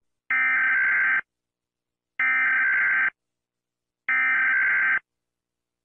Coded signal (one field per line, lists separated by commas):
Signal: Emergency Alert System (SAME) tones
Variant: header bursts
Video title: Mr. Incredible Becoming Uncanny (EAS Alarms)